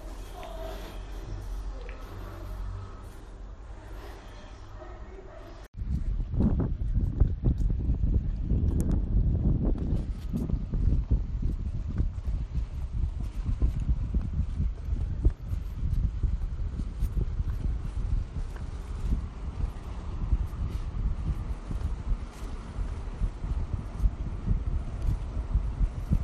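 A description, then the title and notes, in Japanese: At Sakanoshita Beach, a quieter stretch with a low steady hum gives way abruptly near six seconds to loud, dense rumbling. Gusty wind buffets the microphone in uneven bursts for the rest of the recording, with a constant rushing wash underneath. 坂ノ下ビーチ。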